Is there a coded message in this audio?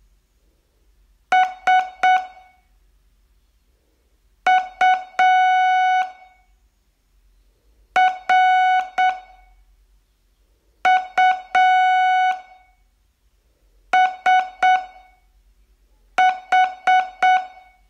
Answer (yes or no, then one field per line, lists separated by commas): yes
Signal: Morse code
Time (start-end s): 1.3-17.4 s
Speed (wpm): 8 wpm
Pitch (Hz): 740 Hz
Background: music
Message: SURUSH